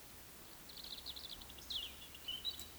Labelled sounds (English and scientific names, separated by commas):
Eurasian Woodcock (Scolopax rusticola) whistle, Eurasian Woodcock (Scolopax rusticola) croak